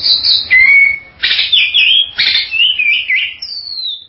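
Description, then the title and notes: Bird song of clear whistled notes: a drop to a long level tone, wavering warbled phrases, then a final descending whistle. "Bird Sound. Kicau Burung Lengkap"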